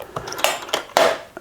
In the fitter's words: The vacuum just drops in, clips on, and these clips are really well designed.